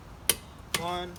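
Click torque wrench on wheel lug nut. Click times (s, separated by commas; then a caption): 0.3 s. A half-inch drive click-type torque wrench set to 100 ft-lb is tightened on the first wheel lug nut of a Chevy Volt during a hub bearing replacement, and it gives a sharp click at 0.3 s, confirming the nut has reached its torque setting. A second sharp metallic sound with a ringing tail follows at about 0.7 s, and someone talks briefly.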